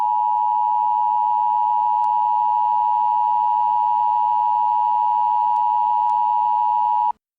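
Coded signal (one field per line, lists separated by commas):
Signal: Emergency Alert System (SAME) tones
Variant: 853 and 960 Hz attention tone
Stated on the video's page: Fictional EAS scenario about a hijacked signal.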